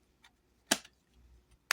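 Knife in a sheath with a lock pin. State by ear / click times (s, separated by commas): seated / 1.7 s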